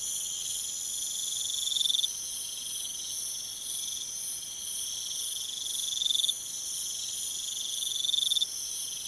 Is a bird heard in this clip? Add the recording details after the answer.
no. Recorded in pastures near Puerto Asís, Putumayo, Colombia, on 23 June 2025 at 04:30. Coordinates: 0.486, -76.323. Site H29